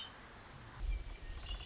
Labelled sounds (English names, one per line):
Red-winged Blackbird